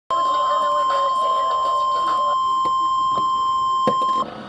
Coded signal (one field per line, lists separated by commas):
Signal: Emergency Alert System (SAME) tones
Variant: 1050 Hz attention tone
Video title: EAS/NWR Alert or message #526-527: Tsunami Watch for all of Hawaii